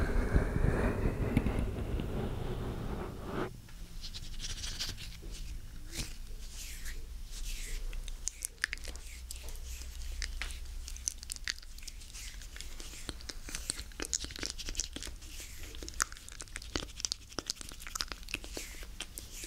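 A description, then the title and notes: An ear massage recorded very close to the microphone opens with about three seconds of loud, muffled rubbing and a low rumble. It then drops to a quieter, steady stream of dense crackling, soft rustles and sharp little clicks that continue to the end. 3Dio Ear Massage (TINGLES).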